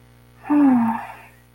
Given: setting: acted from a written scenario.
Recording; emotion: vocal sound without words; sadness